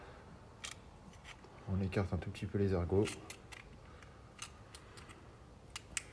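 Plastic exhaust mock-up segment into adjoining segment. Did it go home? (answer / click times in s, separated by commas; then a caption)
yes / 6.0 s. After its small lugs are spread slightly, a 3D-printed plastic segment of a well-used NRC exhaust dry-fit mock-up kit, which already has some play, is pushed onto the adjoining segment while someone talks. Scattered light taps and clicks follow, and a sharp click at 6.0 s marks the segment clipping firmly and stably into place.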